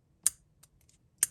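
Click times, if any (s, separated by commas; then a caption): 0.3 s, 1.2 s. The plastic double ball neck joint of a Masterverse Revelation Tri-Klops action figure is worked and snaps back into its socket in the torso. Two loud, sharp plastic snaps ring out at 0.3 s and 1.2 s, with a few faint ticks in between. The joint is seated.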